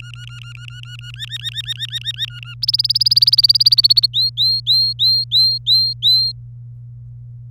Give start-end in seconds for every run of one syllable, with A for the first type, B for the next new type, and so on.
0.00-1.11 A, 1.14-2.26 B, 2.28-2.54 A, 2.62-4.07 C, 4.13-6.32 D